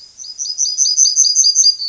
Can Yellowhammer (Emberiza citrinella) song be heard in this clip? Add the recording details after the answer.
yes. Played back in grassland. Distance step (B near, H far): B. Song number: 057